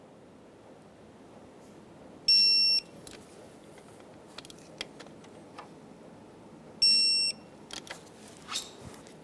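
An electronic torque wrench tightens the ignition coil bolts into the engine cylinder head of a 2012-2020 Chevrolet Sonic to 71 inch-pounds, giving a long high-pitched beep at 2.3 s and again at 6.8 s as each bolt reaches the setting. Short, faint ticks and taps are heard between and after the beeps against a quiet background, and both bolts are torqued to spec.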